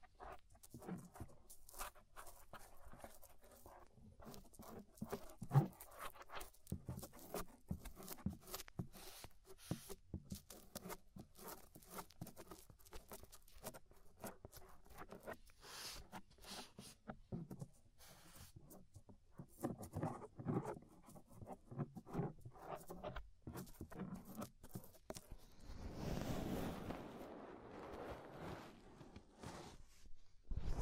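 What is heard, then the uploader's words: Ear scraping sounds, a dense run of quick, crackly scratches and clicks that continues with little pause. The strokes are fairly regular, with short bursts of louder rubbing. Around 26 seconds comes a fuller, rushing scrape lasting a few seconds. Inner and Outer Ear Scraping (No Talking).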